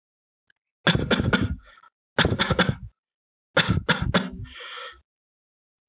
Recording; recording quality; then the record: shallow voluntary cough; excellent, no background noise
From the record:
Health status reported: healthy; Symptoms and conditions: none ticked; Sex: male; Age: 29 years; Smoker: not ticked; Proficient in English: yes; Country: India